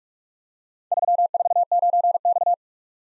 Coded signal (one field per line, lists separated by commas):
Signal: Morse code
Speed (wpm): 40 wpm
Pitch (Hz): 700 Hz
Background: none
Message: 349X